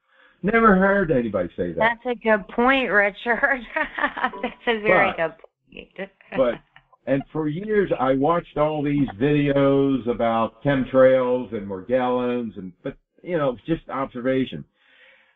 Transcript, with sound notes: Never heard anybody say that.
That's a good point, Richard. (laughs) That's a very good point.
Right. But, and for years, I watched all these videos about chemtrails and Morgellons and... But, you know, it was just observation.